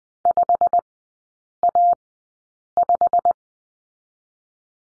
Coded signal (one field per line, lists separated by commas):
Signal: Morse code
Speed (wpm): 20 wpm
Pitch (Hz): 700 Hz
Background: none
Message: 5A5